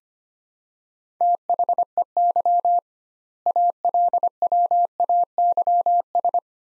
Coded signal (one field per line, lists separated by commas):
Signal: Morse code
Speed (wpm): 25 wpm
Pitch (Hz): 700 Hz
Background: none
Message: THEY ALWAYS